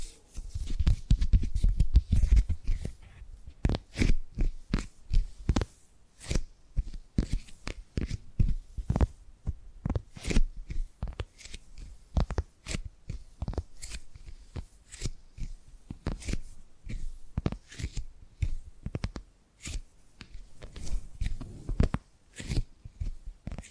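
Tapping and gripping sounds: a run of sharp, dry taps and crisp scrapes, coming every half second or so with brief gaps. The first few seconds carry a low rumbling thump beneath the taps, and later the hits become sparser and more uneven.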